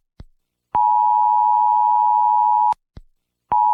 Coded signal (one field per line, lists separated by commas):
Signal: Emergency Alert System (SAME) tones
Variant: 853 and 960 Hz attention tone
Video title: Did You See That? - My Final EAS Video